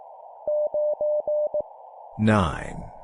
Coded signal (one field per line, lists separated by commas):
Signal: Morse code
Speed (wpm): 18 wpm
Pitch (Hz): 600 Hz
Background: speech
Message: 9E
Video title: 17wpm Numbers plus human voice, cw morse code practice